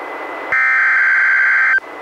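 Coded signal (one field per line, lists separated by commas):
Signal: Emergency Alert System (SAME) tones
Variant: header bursts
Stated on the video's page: NWS Special Marine Warning relayed by a NOAA Weather Radio station, recorded directly from a weather radio receiver into an audio recorder.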